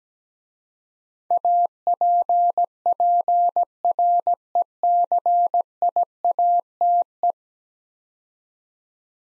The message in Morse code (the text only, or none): APPRECIATE